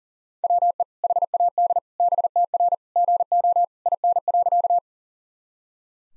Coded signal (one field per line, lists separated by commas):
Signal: Morse code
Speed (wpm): 37 wpm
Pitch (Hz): 700 Hz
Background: none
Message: WE HAD BTR GO IN.